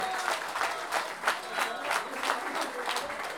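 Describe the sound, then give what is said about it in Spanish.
An audience at a payadores tournament breaks into steady applause, many hands clapping together in a dense, even patter that holds at a moderate level for a few seconds. “el Omar se merece un doble aplauso”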